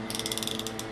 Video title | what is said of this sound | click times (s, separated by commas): eagle al's 57 454 chevy with 871 blower rebuild part 4 | Hear the thing clicking. | 0.2 s, 0.3 s, 0.4 s, 0.5 s